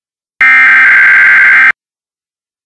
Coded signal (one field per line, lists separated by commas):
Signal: Emergency Alert System (SAME) tones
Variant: header bursts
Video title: EAS tornado warning Dover